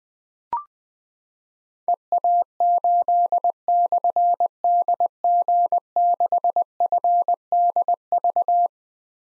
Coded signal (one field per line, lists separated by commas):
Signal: Morse code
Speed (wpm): 21 wpm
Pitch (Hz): 700 Hz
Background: none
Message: EA8/DG6FDV